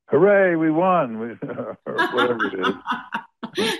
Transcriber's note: laughs